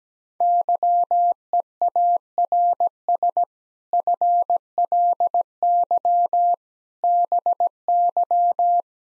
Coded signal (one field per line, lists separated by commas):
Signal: Morse code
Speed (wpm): 17 wpm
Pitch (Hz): 700 Hz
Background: none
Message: YEARS FLY BY